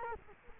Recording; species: mosquito wingbeat signal from an infrared sensor; Culex quinquefasciatus